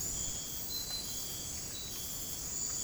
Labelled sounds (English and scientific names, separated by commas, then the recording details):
none
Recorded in dense forest near Puerto Asís, Putumayo, Colombia, on 30 June 2025 at 04:00
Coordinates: 0.503, -76.323
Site G059